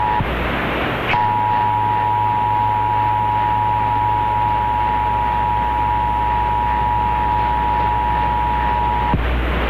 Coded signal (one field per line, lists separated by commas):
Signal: Emergency Alert System (SAME) tones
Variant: 853 and 960 Hz attention tone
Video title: Pennsylvania Required Monthly Tests (12/16/21)(EAS 1021-1028)